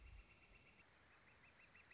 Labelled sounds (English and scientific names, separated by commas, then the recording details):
Northern Flicker (Colaptes auratus)
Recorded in Sonoma County, California